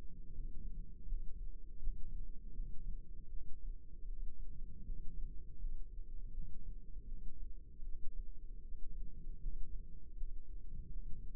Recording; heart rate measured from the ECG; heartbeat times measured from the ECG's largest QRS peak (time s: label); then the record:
heart sounds by microphone in the left ear; 79 bpm
0.30 s: heartbeat
1.04 s: heartbeat
1.78 s: heartbeat
2.52 s: heartbeat
3.27 s: heartbeat
4.04 s: heartbeat
4.82 s: heartbeat
5.56 s: heartbeat
6.30 s: heartbeat
7.04 s: heartbeat
7.81 s: heartbeat
8.60 s: heartbeat
9.38 s: heartbeat
10.13 s: heartbeat
10.87 s: heartbeat
From the record:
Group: healthy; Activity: rest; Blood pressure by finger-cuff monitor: 134/94 mmHg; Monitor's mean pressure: 113 mmHg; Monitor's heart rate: 80 bpm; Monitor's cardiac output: 4.7 L/min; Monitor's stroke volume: 59 mL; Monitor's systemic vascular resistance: 1800 dyn s/cm5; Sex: female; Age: 51 years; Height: 162 cm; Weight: 70.04 kg